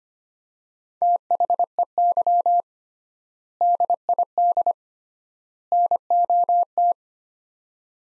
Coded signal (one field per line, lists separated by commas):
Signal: Morse code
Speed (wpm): 25 wpm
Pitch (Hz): 700 Hz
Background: none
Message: THEY DID NOT